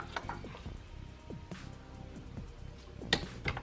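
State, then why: Seated. A locking bolt is fitted into the reverse fork shaft in an NV-T350 transmission case, with faint tones and small taps in the background. A sharp click at 3.1 s marks the bolt locking in, followed by lighter taps around 3.5 s. The reverse fork shaft is locked and seated.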